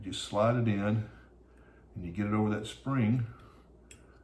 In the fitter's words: and then it just pops right in. I mean, that easy.